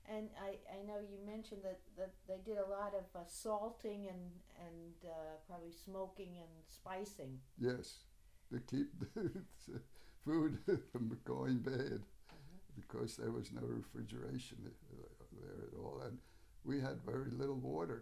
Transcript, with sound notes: And I know you mentioned that they did a lot of salting, and probably smoking and spicing?
Yes, [laughs] to keep the food from going bad, because there was no refrigeration there at all, and we had very little water, too.